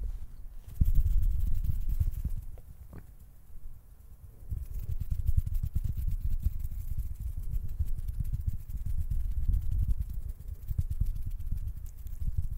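A camera is handled and touched, giving a deep, muffled rumble full of thumps and scratchy clicks. After a quiet first second the handling starts, eases briefly around three to four seconds, then carries on densely and unevenly to the end.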